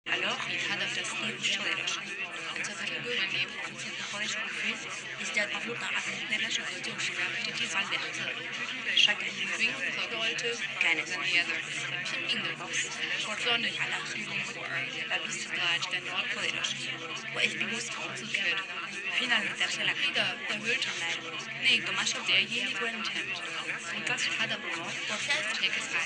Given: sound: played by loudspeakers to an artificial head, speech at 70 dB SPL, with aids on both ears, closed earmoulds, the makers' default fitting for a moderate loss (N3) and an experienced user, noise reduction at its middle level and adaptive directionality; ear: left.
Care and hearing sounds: speech test signal (ISTS) in cocktail-party noise; -3 dB; in front (0 degrees)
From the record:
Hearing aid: class 2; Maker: G

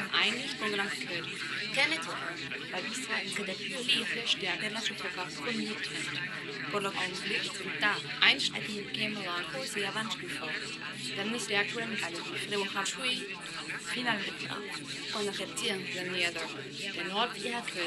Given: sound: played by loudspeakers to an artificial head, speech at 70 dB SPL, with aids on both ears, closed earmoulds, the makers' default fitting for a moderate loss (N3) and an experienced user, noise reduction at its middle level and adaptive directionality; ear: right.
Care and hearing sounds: speech test signal (ISTS) in cocktail-party noise; -3 dB; in front (0 degrees)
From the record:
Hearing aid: class 1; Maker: E

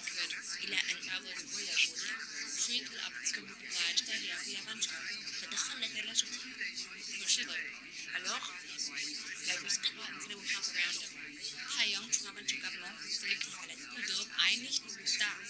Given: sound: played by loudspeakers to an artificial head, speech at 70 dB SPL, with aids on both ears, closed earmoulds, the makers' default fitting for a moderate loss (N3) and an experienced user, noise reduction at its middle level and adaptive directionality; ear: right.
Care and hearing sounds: speech test signal (ISTS) in cocktail-party noise; -6 dB; in front (0 degrees)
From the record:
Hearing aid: class 1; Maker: J

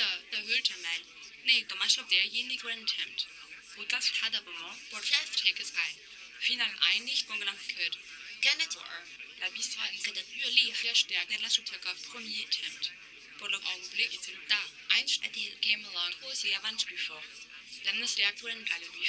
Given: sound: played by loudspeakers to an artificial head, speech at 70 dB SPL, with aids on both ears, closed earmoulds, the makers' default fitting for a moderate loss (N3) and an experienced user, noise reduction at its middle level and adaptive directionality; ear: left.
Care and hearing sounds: speech test signal (ISTS) in cocktail-party noise; +6 dB; in front (0 degrees)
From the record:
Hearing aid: class 2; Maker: H

